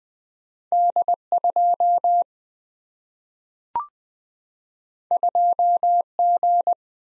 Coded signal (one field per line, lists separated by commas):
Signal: Morse code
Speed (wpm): 20 wpm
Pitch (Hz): 700 Hz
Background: none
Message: D2 2G